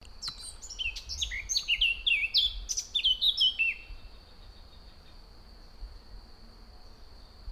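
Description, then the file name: Eurasian blackcap singing a quick phrase of clear, varied fluty notes, mostly descending slurs, over soft background rumble. "Sylvia atricapilla"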